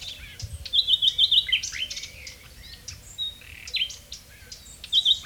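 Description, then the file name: Common nightingale giving short varied phrases: quick trilled notes, sliding whistles and brief pauses between bursts. "Luscinia megarhynchos"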